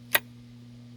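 A socket is dropped onto the quick-lock anvil of a Milwaukee M18 Fuel utility high-torque impact wrench and snaps into place with a single sharp click at 0.2 s, heard over a faint steady low hum. The socket is seated and locked on the anvil.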